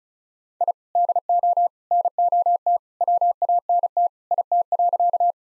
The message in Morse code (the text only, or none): I DO NOT WANT IT.